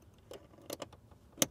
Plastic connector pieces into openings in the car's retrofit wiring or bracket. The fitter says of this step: okay both of them click now you're going to pull this Emi out